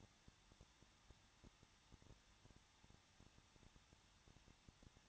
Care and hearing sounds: daily activity, microphone in the room; no activity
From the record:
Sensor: 3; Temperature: 21.2 degrees Celsius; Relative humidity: 36.3%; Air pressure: 1006.3 hPa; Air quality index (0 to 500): 222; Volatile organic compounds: 41 ppm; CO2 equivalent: 3169 ppm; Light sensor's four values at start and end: 2/3/2/2 and 2/3/2/2

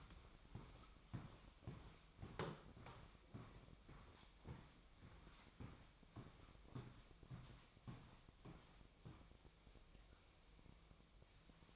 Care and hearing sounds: daily activity, microphone in the room; walk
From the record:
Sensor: 1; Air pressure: 1001.6 hPa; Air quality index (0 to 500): 222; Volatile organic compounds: 30 ppm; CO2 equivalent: 2958 ppm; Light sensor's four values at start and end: 9/32/11/13 and 9/31/11/13

